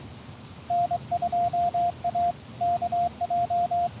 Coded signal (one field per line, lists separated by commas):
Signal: Morse code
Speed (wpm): 21 wpm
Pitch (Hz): 690 Hz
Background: radio noise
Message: N2AKJ